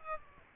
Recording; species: mosquito wingbeat signal from an infrared sensor; Aedes aegypti